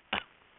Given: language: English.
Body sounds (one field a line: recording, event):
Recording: throat vibration sensor signal played as sound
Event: cough